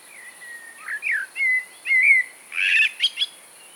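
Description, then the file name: Eurasian blackbird singing a mellow fluted warble of short whistled notes, swooping and slurred, ending in a brief high squeaky twitter. "Turdus merula"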